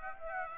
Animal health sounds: mosquito wingbeat signal from an infrared sensor; Aedes aegypti

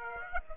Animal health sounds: mosquito wingbeat signal from an infrared sensor; Aedes aegypti

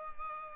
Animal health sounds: mosquito wingbeat signal from an infrared sensor; Culex pipiens

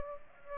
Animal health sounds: mosquito wingbeat signal from an infrared sensor; Aedes aegypti

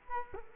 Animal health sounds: mosquito wingbeat signal from an infrared sensor; Culex quinquefasciatus

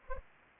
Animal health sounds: mosquito wingbeat signal from an infrared sensor; Anopheles arabiensis

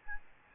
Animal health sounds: mosquito wingbeat signal from an infrared sensor; Aedes albopictus

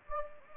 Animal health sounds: mosquito wingbeat signal from an infrared sensor; Anopheles gambiae

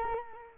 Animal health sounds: mosquito wingbeat signal from an infrared sensor; Culex quinquefasciatus

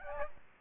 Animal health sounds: mosquito wingbeat signal from an infrared sensor; Aedes albopictus

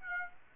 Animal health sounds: mosquito wingbeat signal from an infrared sensor; Aedes aegypti

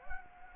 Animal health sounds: mosquito wingbeat signal from an infrared sensor; Anopheles gambiae

